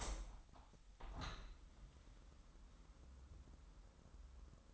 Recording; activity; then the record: daily activity, microphone in the room; open window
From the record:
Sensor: 3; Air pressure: 998.0 hPa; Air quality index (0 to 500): 142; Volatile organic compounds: 4 ppm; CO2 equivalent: 1692 ppm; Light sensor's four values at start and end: 14/41/16/15 and 14/41/17/15